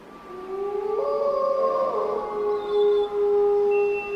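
Several wolves howl together at night under the moon, below a hill, in long, overlapping, wavering tones that rise and hold steady. The mid-pitched chorus is sustained and fairly loud, with one thinner high note briefly joining in.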